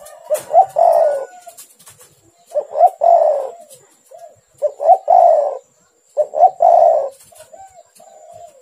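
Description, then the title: Spotted dove giving four mellow coo phrases roughly every two seconds, each a quick double note leading into a longer burry note, with soft short coos between them. "Tekukur"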